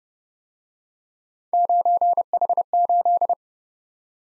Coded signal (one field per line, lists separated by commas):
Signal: Morse code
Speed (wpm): 29 wpm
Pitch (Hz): 700 Hz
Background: none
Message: 9H8